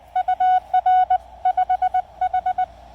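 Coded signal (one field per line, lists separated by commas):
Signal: Morse code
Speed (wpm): 20 wpm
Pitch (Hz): 740 Hz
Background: none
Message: UR5H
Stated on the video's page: Lab599 Discovery TX-500 transceiver with MFJ-1984LP antenna, QRP portable activation on the Blue Ridge Parkway.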